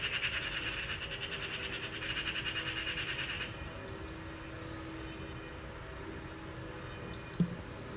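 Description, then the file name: Eurasian magpie chattering, a rapid harsh rattle, followed by thin high whistles from other small birds over a low background rumble. "Pica pica"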